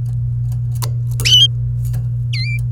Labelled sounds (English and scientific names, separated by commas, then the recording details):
Domestic Canary (Serinus canaria) song
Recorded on 28 April 2018 at 07:34
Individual llb3